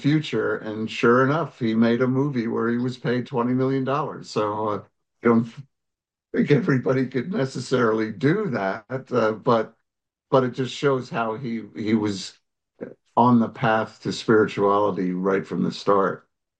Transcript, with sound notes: and sure enough, he made a movie where he was paid $20 million. So, I don't think (laughs) everybody could necessarily do that, uh, but, but it just shows how he, he was on the path to spirituality right from the start.